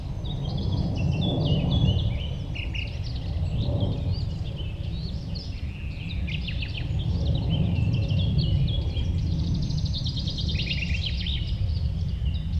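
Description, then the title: Common Nightingale singing in a chorus of other birds, mixing whistled notes and quick stuttering repeated bursts, with a continuous deep rumble underneath. Nightingale singing with other birds along a promenade in Westlicher Düppeler Forst, Germany. "nachtigall und andere voegel. Westlicher Düppeler Forst, Germany"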